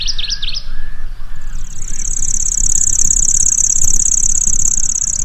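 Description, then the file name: Lanceolated warbler opening with a few quick sharp call notes, then a long, steady, high-pitched grasshopper-like reel running to the end, over low background noise. Song and calls. "suara kicauan dan panggilan kecici lurik omkicau"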